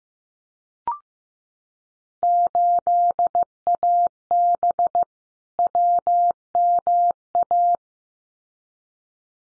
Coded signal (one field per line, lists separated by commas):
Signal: Morse code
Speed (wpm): 15 wpm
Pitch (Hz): 700 Hz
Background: none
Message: 8AB WMA